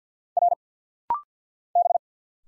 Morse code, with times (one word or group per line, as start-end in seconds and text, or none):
0.4-0.5 R
1.8-2.0 B